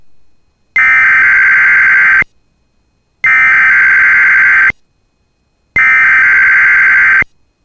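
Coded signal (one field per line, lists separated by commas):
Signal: Emergency Alert System (SAME) tones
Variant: header bursts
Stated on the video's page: Emergency Alert System tests, the first of 2024.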